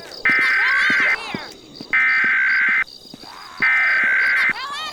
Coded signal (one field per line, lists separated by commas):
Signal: Emergency Alert System (SAME) tones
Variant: header bursts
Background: speech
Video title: THE AWAKENING... a eas scenario recreation